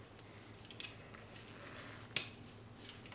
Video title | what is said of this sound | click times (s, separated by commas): Je monte mes NOUVEAUX MEUBLES IKEA ! 😱 TOUT est en KIT ! | ça fait clic bah ok donc j'ai intérêt à pas me tromper | 2.2 s